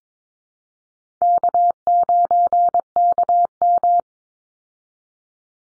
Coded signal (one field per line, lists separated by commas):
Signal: Morse code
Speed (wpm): 22 wpm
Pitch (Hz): 700 Hz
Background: none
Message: K9KM